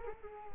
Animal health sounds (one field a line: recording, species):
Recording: mosquito wingbeat signal from an infrared sensor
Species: Culex quinquefasciatus